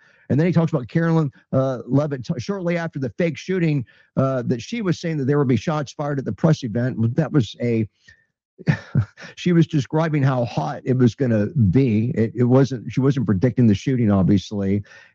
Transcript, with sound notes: And then he talks about Carolyn, uh, Levitt to- shortly after the fake shooting, uh, that she was saying that there would be shots fired at the press event. W- that was a (laughs) , she was describing how hot it was gonna be. It, it wasn't, she wasn't predicting the shooting, obviously.